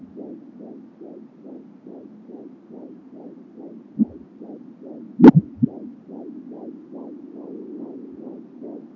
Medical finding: Baby heart beat.